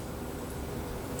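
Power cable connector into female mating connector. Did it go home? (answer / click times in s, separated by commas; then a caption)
yes / 1.2 s. The keyed male power connector on an agricultural control kit cable, which fits only one way, is pushed into its female mating connector against a steady background hiss. A short sharp click at 1.2 s marks its small locking latch catching, and the connector is seated.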